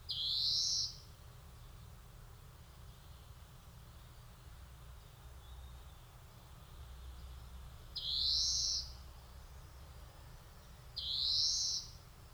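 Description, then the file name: European greenfinch giving three drawn-out, buzzy, upward-sliding wheezes, one near the start and two near the end, with quiet pauses between. "Chloris chloris"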